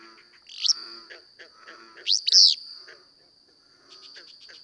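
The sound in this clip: Willow flycatcher singing one faint buzzy note, then a loud, explosive two-part sneezy phrase, with quieter bird notes and a constant high-pitched drone behind.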